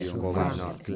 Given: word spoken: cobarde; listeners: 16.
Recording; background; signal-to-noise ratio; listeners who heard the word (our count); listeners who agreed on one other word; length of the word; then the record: one Spanish word in noise, from a listening test; four-talker babble; -2.7 dB; 0 of 16; 8 of 16; 0.56 s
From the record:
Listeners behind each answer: 8, 1, 1, 1, 1, 1, 1, 1, 1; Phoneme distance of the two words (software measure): 35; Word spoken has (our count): 3 syllables, 7 phonemes, stress on syllable 2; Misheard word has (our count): 3 syllables, 6 phonemes, stress on syllable 2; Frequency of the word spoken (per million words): 6.75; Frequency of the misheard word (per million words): 3.23